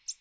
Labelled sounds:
American Redstart flight call

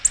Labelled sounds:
Black-throated Blue Warbler flight call

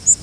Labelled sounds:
Northern Waterthrush flight call

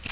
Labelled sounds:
Yellow-rumped Warbler flight call

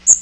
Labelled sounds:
Magnolia Warbler flight call

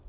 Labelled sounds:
Hermit Warbler flight call

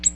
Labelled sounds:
Ovenbird flight call

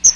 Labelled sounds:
Chestnut-sided Warbler flight call

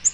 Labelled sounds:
Nashville Warbler flight call

